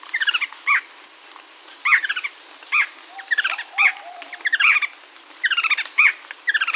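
Bird calls of quick descending chirp series repeated in close succession, over a constant high-pitched background drone.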